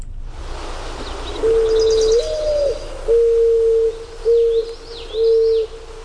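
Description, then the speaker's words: Mourning Dove cooing, a soft low coo that rises slightly, followed by three steady, level, hollow notes, with faint higher bird chirps in the background. Played back on a radio programme; mournful, sad cooing. "Let's listen one more time to the mourning dove. Hear how sad he is."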